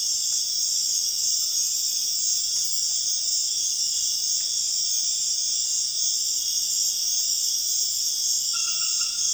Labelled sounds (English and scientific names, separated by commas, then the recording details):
none
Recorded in dense forest near Puerto Asís, Putumayo, Colombia, on 4 March 2025 at 04:00
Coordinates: 0.481, -76.323
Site G088